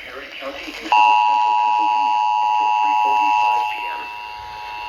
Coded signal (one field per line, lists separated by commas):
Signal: Emergency Alert System (SAME) tones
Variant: 853 and 960 Hz attention tone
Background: speech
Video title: SUNDAY STORMS... EAS Alerts from 5/22/22 (EAS #952-968)